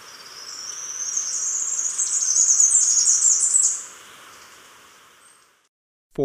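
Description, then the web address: Three-striped Warbler singing a high, hurried chatter of thin notes that builds over three seconds, then breaks off, followed by quiet and a brief knock at the end. Ecuador. "Natures Songs S America Birds of Ecuador Three-striped Warbler"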